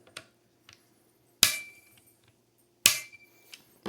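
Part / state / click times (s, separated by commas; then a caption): torque driver tightening rail screw into receiver / torque reached / 1.4 s, 2.9 s. A torque driver tightens a rail mounting screw into the receiver of a Stoeger M3500 and is clicked twice over at its setting, for good measure. Two sharp, bright clicks ring out at 1.4 s and 2.9 s, each trailing off in a short metallic ring, with a few faint small taps around them. The screw is torqued to setting.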